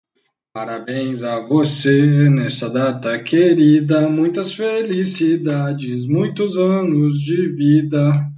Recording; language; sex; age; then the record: short text; Brazilian Portuguese; male; 30 to 39 years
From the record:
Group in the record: control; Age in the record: 30 years